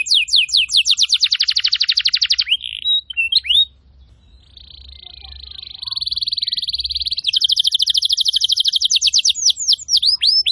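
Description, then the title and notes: Atlantic canary singing fast trills and swept notes, a brief pause with soft twitters, then a long building buzzy trill leading into rapid repeated downward-swept whistles. Canary singing loudly and at length (gacor panjang), used as a training song for caged birds and to lure wild canaries. "Pikat Kenari GACOR PANJANG INI Cocok Untuk Masteran KENARI LIAR. Masteran burung kenari gacor parah"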